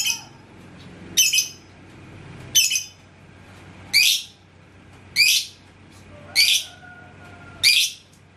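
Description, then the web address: Lovebird giving shrill, harsh chirping calls in a steady series, with faint thin whistles between them. "love-bird suara-lovebird-paud"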